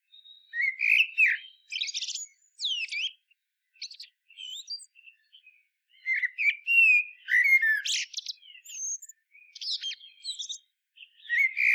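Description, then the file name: Common blackbird delivering a stream of warbled, flute-like phrases mixed with high twittering squeaks and short pauses. "Turdus merula"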